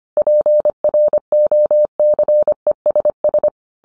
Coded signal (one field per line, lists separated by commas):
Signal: Morse code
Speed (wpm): 25 wpm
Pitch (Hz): 600 Hz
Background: none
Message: PROCESS